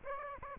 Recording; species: mosquito wingbeat signal from an infrared sensor; Aedes aegypti